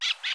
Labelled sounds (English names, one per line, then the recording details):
Brown-throated Parakeet contact call
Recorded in Curacao
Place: along powerline, near entrance of Santa Barbara resort
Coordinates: 12.068, -68.844